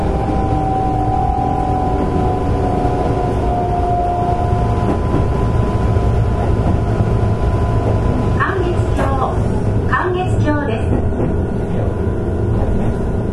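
A Keihan Railway 13000 series train running, heard as a steady, dense low rumble that stays constant throughout. A thin whining tone sits above it early on, and from about eight seconds brief brighter clicks and squeals come through over the rumble.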